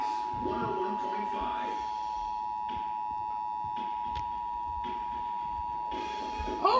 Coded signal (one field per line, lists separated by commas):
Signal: Emergency Alert System (SAME) tones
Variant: 853 and 960 Hz attention tone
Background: speech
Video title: EAS #81 Required Monthly Test